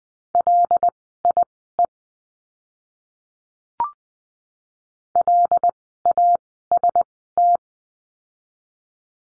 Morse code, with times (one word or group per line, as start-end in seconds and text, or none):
0.3-1.9 LIE
5.2-7.6 LAST